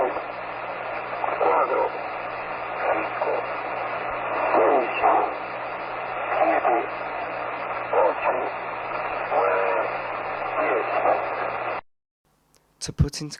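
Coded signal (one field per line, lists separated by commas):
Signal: numbers station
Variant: V20, Spanish male voice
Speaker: I am now going to play you a short snippet of the V20 broadcast so you can hear what V20 sounds like.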